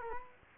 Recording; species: mosquito wingbeat signal from an infrared sensor; Culex quinquefasciatus